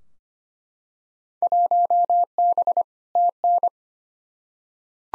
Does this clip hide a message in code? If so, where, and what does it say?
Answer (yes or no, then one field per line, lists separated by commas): yes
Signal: Morse code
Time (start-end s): 1.4-3.7 s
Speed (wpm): 25 wpm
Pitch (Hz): 700 Hz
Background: none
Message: 1B TN